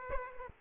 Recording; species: mosquito wingbeat signal from an infrared sensor; Aedes aegypti